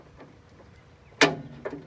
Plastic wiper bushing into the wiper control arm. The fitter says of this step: pops right in just